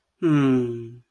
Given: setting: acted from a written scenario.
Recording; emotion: vocal sound without words; sympathy